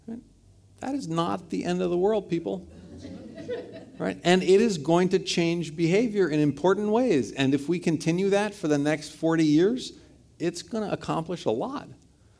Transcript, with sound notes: That is not the end of the world people. [Laughter] Alright. And it is going to change behavior in important ways, and if we continue that for the next 40 years, it’s gonna accomplish a lot.